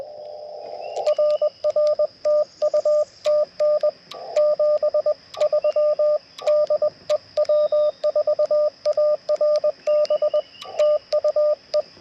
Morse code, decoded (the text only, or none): RR TU TN 73 DE W4ARB TU E